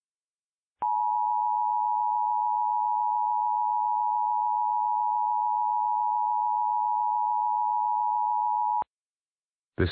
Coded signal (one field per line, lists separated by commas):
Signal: Emergency Alert System (SAME) tones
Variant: 853 and 960 Hz attention tone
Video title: EAS Mock Up #6 (Remaster) - Jeremy DeWitte, Serial Police Impersonator